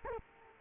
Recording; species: mosquito wingbeat signal from an infrared sensor; Culex quinquefasciatus